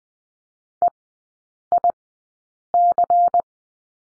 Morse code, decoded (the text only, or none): EIC